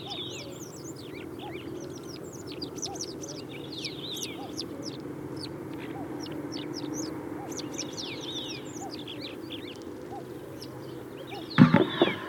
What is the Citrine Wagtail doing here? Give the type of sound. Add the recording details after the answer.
song. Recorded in the wild. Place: Ulan Bator, MN. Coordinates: 47.886, 106.906. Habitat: Park. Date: 1979-06-05. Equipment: Nagra III BH, Sennheiser MD 21, parabola. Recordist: Schubert, Michael